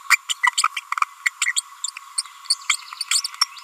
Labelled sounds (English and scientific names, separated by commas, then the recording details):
Green-rumped Parrotlet (Forpus passerinus) babbling
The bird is a female
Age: 30 days
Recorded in a nest box in Venezuela
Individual 17B42A4